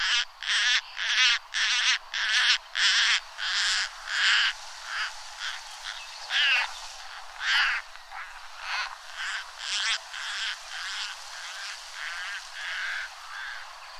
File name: szalakota hangja